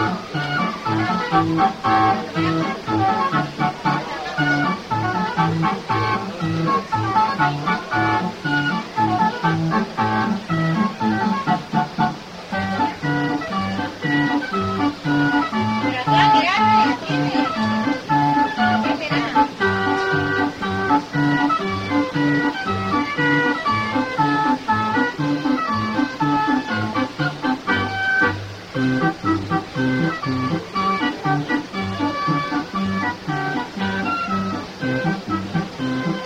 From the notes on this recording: a trip to Disneyland